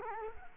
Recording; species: mosquito wingbeat signal from an infrared sensor; Culex quinquefasciatus